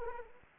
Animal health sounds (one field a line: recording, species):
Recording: mosquito wingbeat signal from an infrared sensor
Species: Anopheles arabiensis